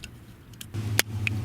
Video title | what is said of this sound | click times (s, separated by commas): How to Hide OBD2 Car GPS Tracker in your car with an OBD2 Splitter | and just really push it on there all the way until it clicks make sure it's not going to fall out | 1.0 s, 1.3 s